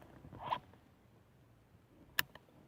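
With the door trim off on a VW rear door that won't open, the inner release cable is pulled so the plastic arm moves up on the rear door lock mechanism. A soft creaking movement peaks around 0.5 s, then the lock gives a sharp click at 2.2 s with a fainter follow-up tick. The lock clicks open and is released.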